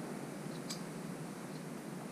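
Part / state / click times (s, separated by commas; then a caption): circlip into motorcycle fork tube groove / not seated / none. A circlip for the fork tube of a 2019 BMW F850GS motorcycle is dropped down the tube and lined up before being pushed into its groove. There is only a steady hiss with a faint metallic tick near 0.7 s. The circlip has not clicked into its groove yet.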